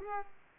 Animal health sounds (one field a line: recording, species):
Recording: mosquito wingbeat signal from an infrared sensor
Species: Culex pipiens